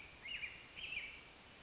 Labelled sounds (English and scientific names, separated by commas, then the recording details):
American Robin (Turdus migratorius)
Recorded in Sonoma County, California